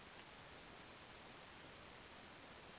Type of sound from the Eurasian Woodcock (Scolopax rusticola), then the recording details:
whistle. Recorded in Baden-Württemberg, Germany, on 10 June 2020 at 20:07 UTC. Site 45520, 595 m above sea level